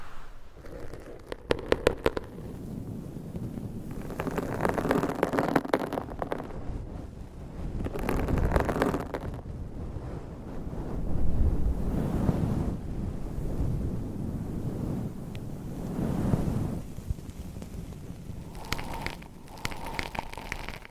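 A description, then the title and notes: Scratching with nails across microphone covers, rough rustling bursts that swell and fade every few seconds, heavy low rumble and sharp clicks. ASMR Mic Scratching Brain Scratching with 20 DIFFERENT MICS Covers & Nails No Talking.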